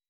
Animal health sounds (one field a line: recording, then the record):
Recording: hydrophone in a shrimp aquaculture tank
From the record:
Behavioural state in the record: weakened